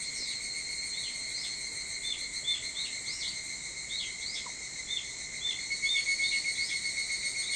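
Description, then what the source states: Evening cicada chorus, a continuous shrill high drone with short repeated chirps, growing louder with rapid pulsing near the end. Recorded 22 July 2023 at 04:40.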